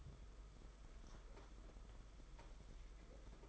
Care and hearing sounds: daily activity, microphone in the room; take from stove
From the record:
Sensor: 5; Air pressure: 991.1 hPa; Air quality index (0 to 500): 91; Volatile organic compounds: 11 ppm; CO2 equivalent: 2298 ppm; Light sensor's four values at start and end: 33/103/40/42 and 33/104/40/42

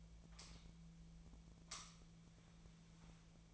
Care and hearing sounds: daily activity, microphone in the room; light on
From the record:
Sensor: 1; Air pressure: 1009.8 hPa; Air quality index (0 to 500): 189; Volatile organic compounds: 17 ppm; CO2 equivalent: 2586 ppm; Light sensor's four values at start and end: 35/89/37/45 and 46/133/54/62

